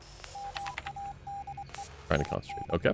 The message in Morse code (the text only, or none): MADE IN